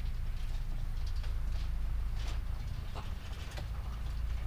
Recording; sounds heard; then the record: poultry house recording; sick chickens (respiratory disease)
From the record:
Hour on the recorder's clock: 21